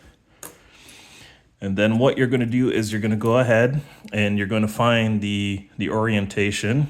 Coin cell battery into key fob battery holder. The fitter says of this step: and it should snap in place